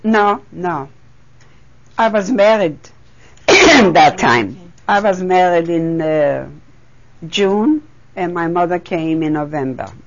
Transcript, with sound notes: No, no. I was married ( she coughs ) at that time. I was married in June, and my mother came in November.